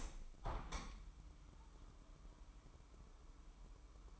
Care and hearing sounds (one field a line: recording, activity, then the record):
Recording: daily activity, microphone in the room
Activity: open window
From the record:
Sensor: 1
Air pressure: 998.6 hPa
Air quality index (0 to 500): 140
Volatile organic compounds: 4 ppm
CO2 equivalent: 1688 ppm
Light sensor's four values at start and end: 14/34/14/17 and 14/35/14/17